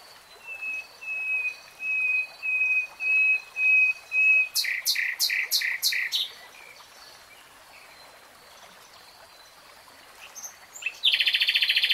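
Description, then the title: Nightingale song: a soft repeated whistle building in volume, a short burst of loud sharp notes, a pause, then a sudden harsh buzzy trill. Three-hour real-time recording. "[Tiếng chim hót] 3 Hours REALTIME Nightingale Singing"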